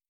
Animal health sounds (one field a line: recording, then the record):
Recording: hydrophone in a shrimp aquaculture tank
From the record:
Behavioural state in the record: stressed